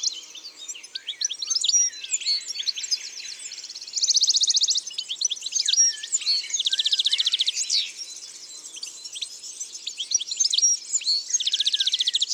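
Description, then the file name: European goldfinch delivering rambling, high twittered phrases laced with several buzzy, rattling trills, the song running on continuously. Isère, France. "Chardonneret-elegant-Concerts-naturels-de-l Isere-Studio-Les-Trois-Becs"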